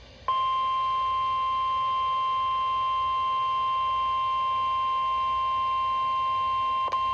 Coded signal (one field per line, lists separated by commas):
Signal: Emergency Alert System (SAME) tones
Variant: 1050 Hz attention tone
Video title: NOAA Weather Radio - Severe Thunderstorm Watch #303 [EAS #180] (6/2/22)